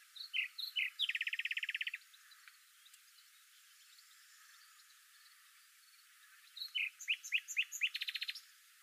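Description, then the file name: Common nightingale song: two phrases separated by a long pause, each with a few sharp notes and then a fast, even rattling trill of rapidly repeated notes. "Luscinia megarhynchos"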